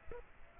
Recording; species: mosquito wingbeat signal from an infrared sensor; Aedes aegypti